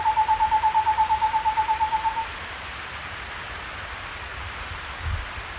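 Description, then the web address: Cloud-forest screech owl giving a rapid, even trill of soft hooting notes on one pitch, lasting about two seconds and then stopping, followed by quiet hiss and a faint low thump. Recorded in South America. "Natures Songs S America Cloud-forest Screech-Owl"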